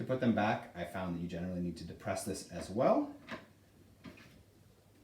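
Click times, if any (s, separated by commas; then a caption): none. Someone talks while handling the front wheel of a Bugaboo Fox 2 stroller, holding down the release button to slide the wheel back into its plastic socket on the frame. Soft handling sounds follow the speech. Nothing has seated or clicked yet; the wheel is not yet locked into place.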